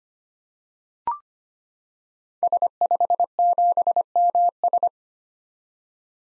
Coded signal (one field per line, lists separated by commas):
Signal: Morse code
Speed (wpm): 25 wpm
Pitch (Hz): 700 Hz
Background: none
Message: S57MS